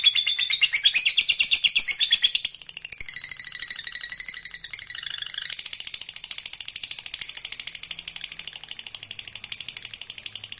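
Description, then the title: Lovebird ngekek, a sustained shrill trill of fast pulsed high notes running the full length, shifting in pitch and texture partway but never stopping. Fighter-type lovebird giving a long ngekek trill. "Begitu Dengar Suara Lovebird FIGHTER NGEKEK PANJANG"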